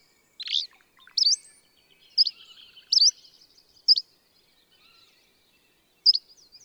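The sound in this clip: Bird song: loud sharp high chirps at irregular intervals, with faint twittering in between.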